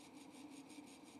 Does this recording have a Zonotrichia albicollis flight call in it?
no